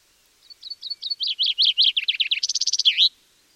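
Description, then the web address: Common chaffinch song: a bright run of descending chipped notes becoming a rapid rattling trill, finished with a quick flourish. "Deverinetal"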